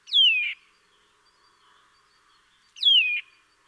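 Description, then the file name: Eurasian nuthatch calls, two strong downward-sweeping whistled notes about two and a half seconds apart. "Sitta europaea"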